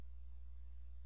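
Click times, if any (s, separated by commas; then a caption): none. A second RAM module is being handled at a Toshiba Portege R705 laptop's SO-DIMM memory slot, not yet pressed home. Only a steady low electrical hum with faint static is heard. Nothing has seated or clicked yet.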